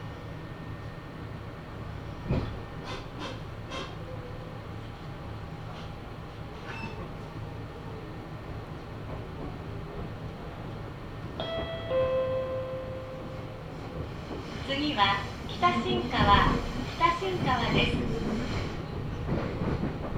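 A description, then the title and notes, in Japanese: A ride on the Meitetsu Mikawa Line train from Hekinan toward Chiryu, with a steady low rumble of the carriage throughout. Sharp clicks and thumps come near the start, a brief tonal whine around twelve seconds, then a busier stretch of rattling and squealing in the last few seconds. 名古屋鉄道 三河線（海線）碧南→知立。通学ラッシュになってました。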